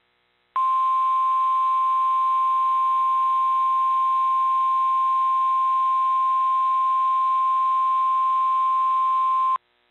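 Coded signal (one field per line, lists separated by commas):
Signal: Emergency Alert System (SAME) tones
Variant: 1050 Hz attention tone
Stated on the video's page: EAS alerts received via SDR in Poughkeepsie, New York.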